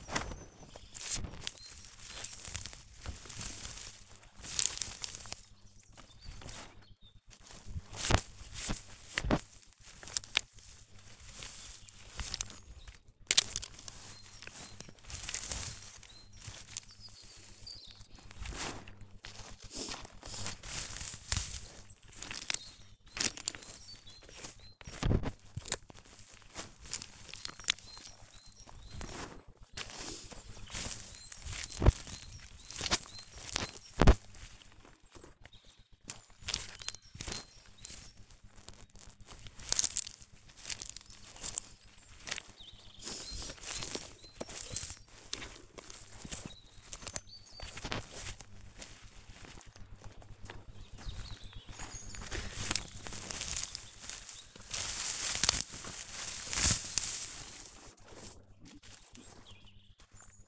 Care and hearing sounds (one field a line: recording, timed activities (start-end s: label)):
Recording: household activities, microphone on the right wrist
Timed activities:
0.00-60.48 s: cutting plants (near water)